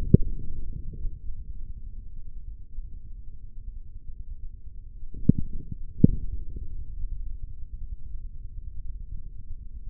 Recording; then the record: forearm muscle sounds (acoustic myography)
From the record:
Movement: forearm pronation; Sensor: system 3, bracelet of six PUI Audio POM-2738L microphones around the upper forearm, with dedicated amplification and filtering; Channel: 1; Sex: male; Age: 55 years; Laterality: right